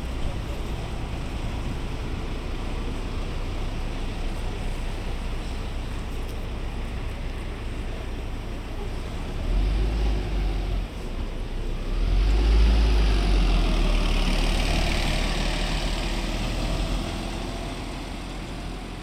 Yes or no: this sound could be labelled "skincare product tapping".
no